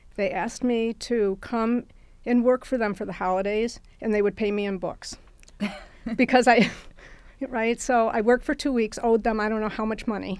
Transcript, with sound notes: They asked me to come and work for them for the holidays, and they would pay me in books. [LAUGHTER] Right? So, I worked for two weeks, owed them, I don't know how much money,